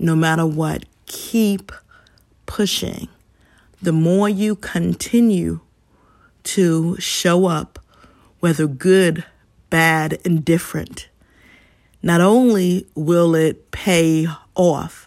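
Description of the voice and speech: An adult woman who stutters speaks in short bursts split by pauses of up to a second. Sounds are stretched on "keep," "to," "bad" and "pay," and a brief catch falls before "off," so she stumbles on words. These stuttering prolongations and hesitations interrupt an otherwise clear voice.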